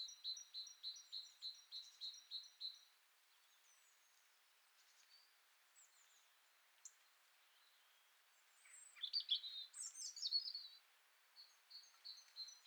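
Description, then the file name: Great tit calls: a quick series of short, high, ringing notes about three per second, then a pause and a burst of varied sharp chirps and trills, then the series again. "Parus major"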